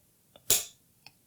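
On an OdinLake Ergo MAX 747 office chair, the recline lock lever has been switched and the sitter stands up, so the tilt mechanism's recline safety lock releases into recline mode instead of dropping back while leaned on. A loud, sharp click at 0.5 s marks the lock letting go, with a faint tick at 0.4 s and another at 1.1 s. The chair is freed to recline.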